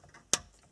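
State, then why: Seated. The fourth and last radio removal key is pushed into the face slot of a double-DIN car stereo head unit in a 2001–2008 Audi A4/S4/RS4 (B6/B7). It clicks into place with one sharp, bright click at 0.3 s over a quiet background. All four keys are now seated.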